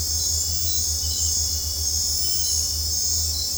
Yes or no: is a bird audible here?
no